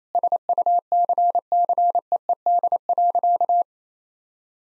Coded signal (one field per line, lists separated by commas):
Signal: Morse code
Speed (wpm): 28 wpm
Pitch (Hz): 700 Hz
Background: none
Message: SUCCEED.